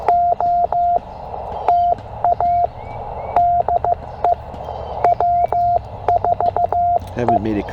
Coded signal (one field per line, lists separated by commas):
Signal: Morse code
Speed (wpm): 15 wpm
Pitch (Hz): 700 Hz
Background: speech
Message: OTA DE W4E